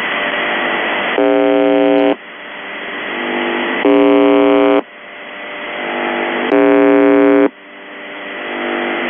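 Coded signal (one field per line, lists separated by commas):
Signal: channel marker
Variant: UVB-76 (The Buzzer)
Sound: three harsh one-second buzzes at regular intervals, separated by hissing radio noise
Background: radio static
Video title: The Buzzer/UVB-76(4625Khz) July 7, 2021 12:40UTC Voice message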